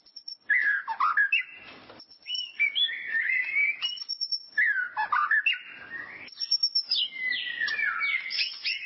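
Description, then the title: White-rumped shama delivering bursts of clear whistles and scratchy chatter, phrases repeating roughly every few seconds with short gaps. "Kicau Murai Batu"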